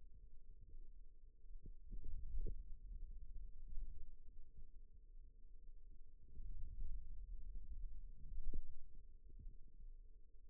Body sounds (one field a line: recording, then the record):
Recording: forearm muscle sounds (acoustic myography)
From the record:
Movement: radial deviation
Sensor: system 2, bracelet of six BSWA MPA416 microphones around the upper forearm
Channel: 4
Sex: male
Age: 22 years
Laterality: right